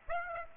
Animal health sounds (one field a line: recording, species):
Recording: mosquito wingbeat signal from an infrared sensor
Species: Aedes aegypti